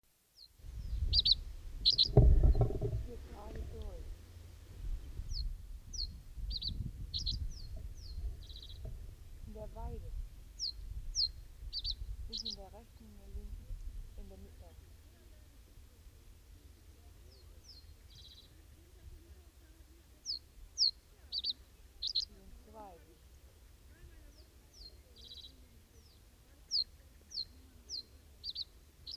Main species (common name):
Reed Bunting